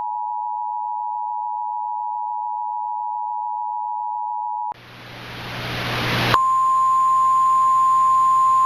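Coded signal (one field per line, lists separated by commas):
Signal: Emergency Alert System (SAME) tones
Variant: 853 and 960 Hz attention tone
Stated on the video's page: Mock, simulated EAS tornado emergency made on request.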